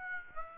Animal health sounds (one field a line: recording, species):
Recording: mosquito wingbeat signal from an infrared sensor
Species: Aedes aegypti